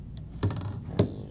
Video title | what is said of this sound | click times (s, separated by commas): Measuring bore diameter with mircometer | you just slowly turn it till you hear the click. It's tight on there. | 0.4 s, 0.5 s, 0.6 s, 1.0 s